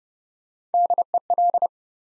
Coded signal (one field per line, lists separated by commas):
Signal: Morse code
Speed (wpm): 30 wpm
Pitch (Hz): 700 Hz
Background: none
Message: DEL